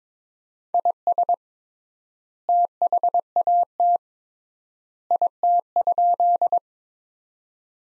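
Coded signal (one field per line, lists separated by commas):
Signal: Morse code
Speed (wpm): 22 wpm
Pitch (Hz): 700 Hz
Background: none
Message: IS THAT IT?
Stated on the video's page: Morse practice sentences from the top 100 words at 22 wpm with 3x standard word spacing, a word-level Farnsworth-like method.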